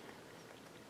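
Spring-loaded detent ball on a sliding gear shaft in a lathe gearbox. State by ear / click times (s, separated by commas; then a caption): not seated / none. The sliding gear shaft of a South Bend metal lathe is handled during a gearbox repair, on its way to being pushed in until its spring-loaded detent ball clicks and settles into the other groove. Only a steady, even broadband hiss and rustle is heard, with no sharp transients. Nothing has seated or clicked yet.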